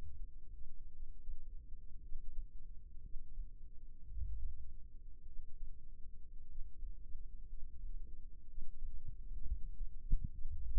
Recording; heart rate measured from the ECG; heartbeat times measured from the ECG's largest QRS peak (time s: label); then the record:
heart sounds by microphone in the left ear; 58 bpm
0.93 s: heartbeat
2.03 s: heartbeat
3.04 s: heartbeat
4.09 s: heartbeat
5.27 s: heartbeat
6.48 s: heartbeat
7.50 s: heartbeat
8.48 s: heartbeat
9.43 s: heartbeat
10.31 s: heartbeat
From the record:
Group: healthy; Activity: rest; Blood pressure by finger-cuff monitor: 99/54 mmHg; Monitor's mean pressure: 70 mmHg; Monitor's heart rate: 58 bpm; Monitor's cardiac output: 6.5 L/min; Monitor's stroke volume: 119 mL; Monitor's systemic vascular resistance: 790 dyn s/cm5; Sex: male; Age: 22 years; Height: 181 cm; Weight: 79 kg